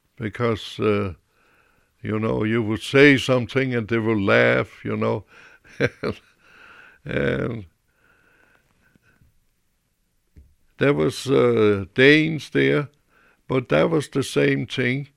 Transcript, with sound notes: because, you know, you would say something and they would laugh, you know. ( he laughs ) There was Danes there, but that was the same thing.